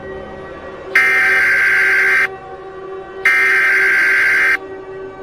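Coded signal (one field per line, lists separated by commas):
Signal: Emergency Alert System (SAME) tones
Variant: header bursts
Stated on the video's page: Simulated EAS scenario, fictional.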